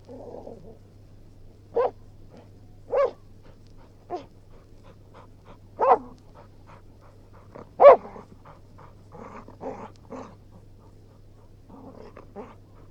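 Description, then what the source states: Springer spaniel barking in short separate bursts, with softer breathy panting and low grumbling sounds between them, over a steady low hum. Springer spaniel barking, growling and panting.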